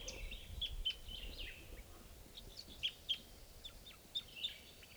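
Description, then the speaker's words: Crossbill giving brief, sharp, high call notes in loose pairs and clusters, fairly soft, with faint twittering and a low background hum. Crossbill calling a lot from the treetops at 7:54, near a water hole where birds were being netted. "So we're coming at 7:54 now, and there's a bird, crossbill, calling a lot from the treetops here."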